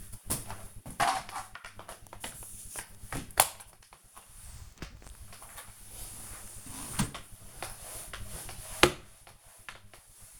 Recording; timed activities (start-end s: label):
household activities, microphone on the right wrist
0.00-10.40 s: floor cleaning